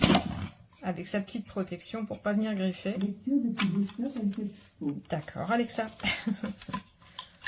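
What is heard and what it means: Someone talks while handling a plastic brush or nozzle accessory from an Amazon Basics 2-in-1 cordless stick vacuum (150W DC motor, 0.7L, white and black), bringing it to its plastic storage holder. A few short ticks sound near the end, around 7.2 s and 7.5 s. The accessory has not clipped into the holder yet; nothing has seated.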